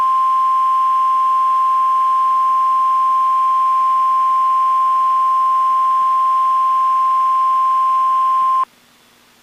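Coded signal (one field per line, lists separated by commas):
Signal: Emergency Alert System (SAME) tones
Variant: 1050 Hz attention tone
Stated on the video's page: Required weekly test from NOAA weather radio, audio recorded directly from a weather radio via aux cord.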